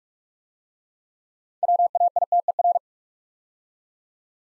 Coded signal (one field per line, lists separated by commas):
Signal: Morse code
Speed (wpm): 44 wpm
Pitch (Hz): 700 Hz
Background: none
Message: WAITER